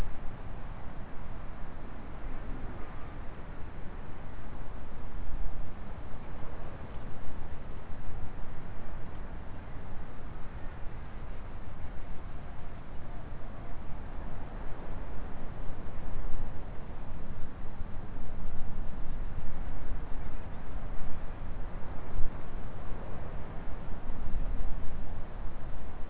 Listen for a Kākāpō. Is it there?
no